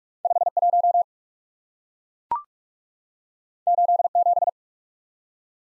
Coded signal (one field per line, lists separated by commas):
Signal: Morse code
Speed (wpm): 44 wpm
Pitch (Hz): 700 Hz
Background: none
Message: 5 1 8 7